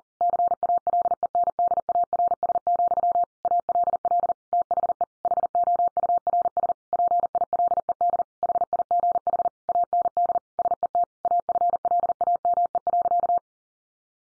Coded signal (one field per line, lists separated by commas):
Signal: Morse code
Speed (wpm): 40 wpm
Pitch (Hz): 700 Hz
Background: none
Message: CALENDARS, ALL THE HOURS PILED HIGH AND SET AFLAME.